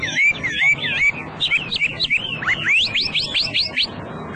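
Hwamei song: loud, varied whistled phrases of looping, rising and falling notes, ending in a rapid series of repeated upward-sweeping whistles.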